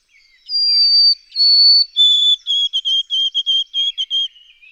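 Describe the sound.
White-throated sparrow giving a full whistled song: two long high tones, then a lower tone and several quick repeated notes.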